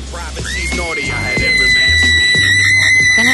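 A person lets out a long, high-pitched scream that rises and then holds steady for a couple of seconds, loud over a low, pulsing rumble in the background.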